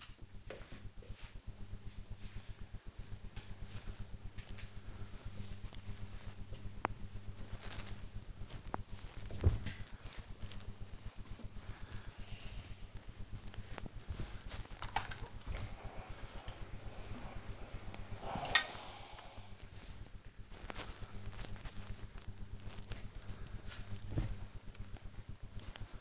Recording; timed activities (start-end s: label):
household activities, microphone on the right wrist
10.46-26.01 s: ironing laundry